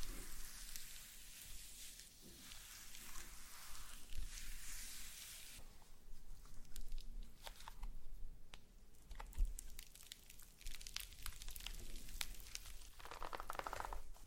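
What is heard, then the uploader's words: Slime being squished and pulled, with bursts of wet crackling and tearing noises, a sharp pop near nine seconds, and a softer squelch toward the end. ASMR SLIME No Talking Satisfying slime Sounds.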